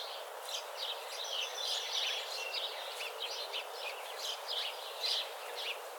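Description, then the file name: House sparrow chirping calls, a steady run of short bright chirps overlapping throughout, over a soft constant hiss. "Passer domesticus"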